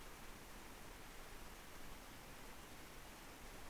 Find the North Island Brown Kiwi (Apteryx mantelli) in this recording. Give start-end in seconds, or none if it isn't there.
none